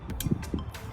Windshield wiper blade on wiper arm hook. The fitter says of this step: put it in there until it clicks just like that and you're golden